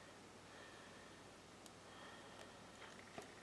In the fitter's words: and it just snaps into place just like that.